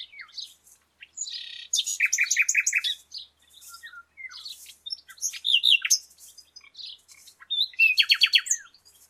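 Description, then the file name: Common nightingale song: varied phrases of rapid clicking trills, buzzy bursts and sharp whistled notes, with short pauses between phrases. "Luscinia megarhynchos"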